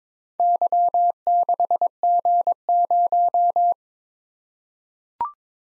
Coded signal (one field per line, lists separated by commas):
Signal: Morse code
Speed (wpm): 22 wpm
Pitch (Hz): 700 Hz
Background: none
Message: Y6G0